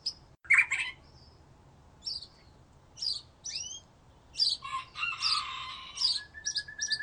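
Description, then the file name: White-rumped shama singing in spaced bursts of sharp, high whistles, an upward-sweeping note, then a dense buzzy phrase and a long steady whistle at the end. "murai batu"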